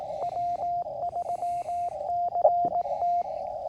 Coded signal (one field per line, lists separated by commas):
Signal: Morse code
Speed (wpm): 18 wpm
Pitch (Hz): 700 Hz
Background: radio noise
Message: W3CT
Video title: End Feed Half Wave Antenna Testing With QMX QRP